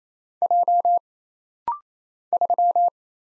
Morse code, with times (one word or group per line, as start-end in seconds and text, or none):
0.4-1.0 J
2.3-2.9 3